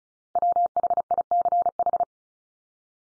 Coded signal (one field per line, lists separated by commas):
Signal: Morse code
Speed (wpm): 34 wpm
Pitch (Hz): 700 Hz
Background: none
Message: WHICH